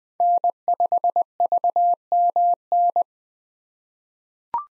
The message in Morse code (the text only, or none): N5VMN